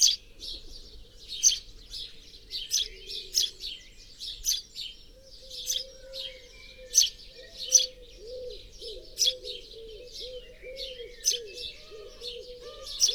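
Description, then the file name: House sparrow chirps, sharp and repeated in irregular bursts throughout, with softer low cooing notes joining in the second half. "Passer domesticus"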